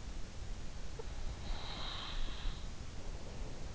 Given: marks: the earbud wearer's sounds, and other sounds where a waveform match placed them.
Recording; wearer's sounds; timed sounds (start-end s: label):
sounds in sleep by an in-ear microphone; breath
0.58-3.15 s: breath